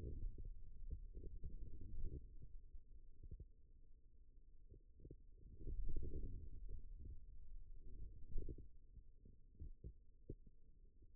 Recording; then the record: forearm muscle sounds (acoustic myography)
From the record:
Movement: radial deviation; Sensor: system 2, bracelet of six BSWA MPA416 microphones around the upper forearm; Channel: 6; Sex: male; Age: 22 years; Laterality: right